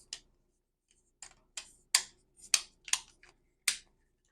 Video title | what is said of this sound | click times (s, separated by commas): Build the BTTF DeLorean - Fanhome vs. Lego - Issues 1-4 | and you'll hear it click and you just make sure that you're all in | 1.9 s, 3.7 s